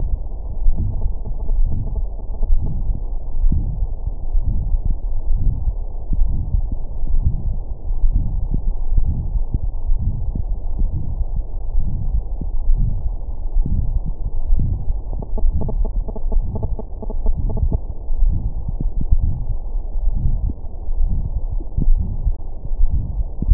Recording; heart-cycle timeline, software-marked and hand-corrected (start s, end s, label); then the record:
heart sounds
not marked
From the record:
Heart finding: coronary artery disease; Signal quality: poor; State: rest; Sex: male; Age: 61 years